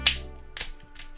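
Someone fiddles with the fifth wooden band catch on a rubber band gun, producing a sharp tap at the start followed by fainter taps and rattles around 0.6 s and 1.0 s. The catch does not go into place, and nothing has seated or clicked yet.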